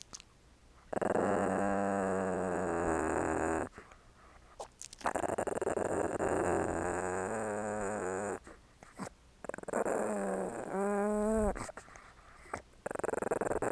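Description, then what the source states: Dog growling in long, low rumbling stretches, one ending in a rising, whining tone, with brief quiet gaps and handling noise. A small dog growling and licking.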